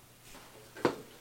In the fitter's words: So right now I've got them locked.